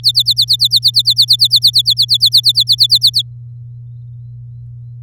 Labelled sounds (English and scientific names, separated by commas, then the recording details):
Domestic Canary (Serinus canaria) song
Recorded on 10 May 2018 at 09:46
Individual llb16